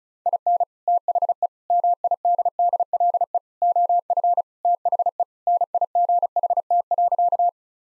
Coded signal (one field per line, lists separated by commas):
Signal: Morse code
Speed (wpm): 36 wpm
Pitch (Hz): 700 Hz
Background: none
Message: IN THE MIDDLE OF THE NIGHT.